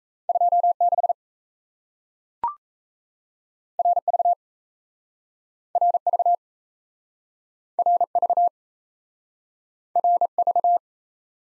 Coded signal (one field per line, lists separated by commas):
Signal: Morse code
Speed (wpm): 38 wpm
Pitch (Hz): 700 Hz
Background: none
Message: 2 6 R V R V R V R V